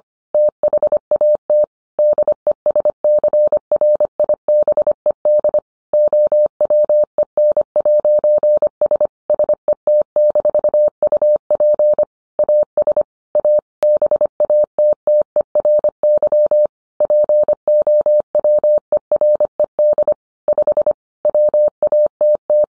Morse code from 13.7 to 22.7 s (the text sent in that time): BATTERY POWERED 5 WATT